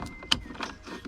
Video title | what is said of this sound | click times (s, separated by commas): Come Installare il CRUISE CONTROL nel Discovery 2 Td5 | wrong. Once we hear the click we can reinsert the | 0.3 s